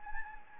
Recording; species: mosquito wingbeat signal from an infrared sensor; Anopheles gambiae